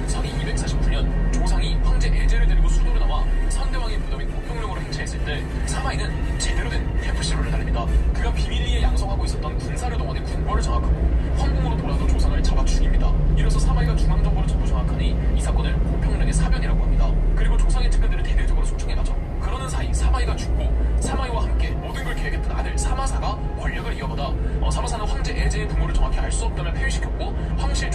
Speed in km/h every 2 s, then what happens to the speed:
24, 20, 16, 17, 18, 20, 24, 26, 22, 16, 12, 10, 10, 10.
0-5 slows to 16. 5-14 speeds up to 26. 14-20 slows to 12. 20-28 steady at about 10.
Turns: none.